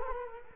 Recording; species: mosquito wingbeat signal from an infrared sensor; Culex quinquefasciatus